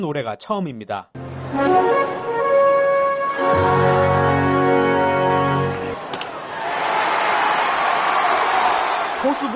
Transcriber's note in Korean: 녹취: 야구장 현장음